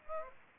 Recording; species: mosquito wingbeat signal from an infrared sensor; Aedes aegypti